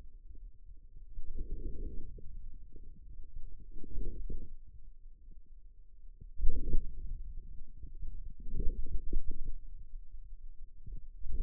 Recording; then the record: forearm muscle sounds (acoustic myography)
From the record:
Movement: outward rotation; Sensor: system 2, bracelet of six BSWA MPA416 microphones around the upper forearm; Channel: 2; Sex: male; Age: 22 years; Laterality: right